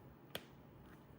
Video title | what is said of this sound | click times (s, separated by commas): Samsung Galaxy Z Fold 7 & Watch 8 Classic unboxing - One week Later - Seriously Impressive | I guess when it snaps back in, I guess you guys can hear that. | 0.3 s